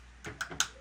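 The plastic cab of an HO-scale SW1 model locomotive is gently rocked back and forth while the long hood is held down. Two sharp clicks sound at 0.4 s and 0.6 s as the cab unclips and pops free of the body shell.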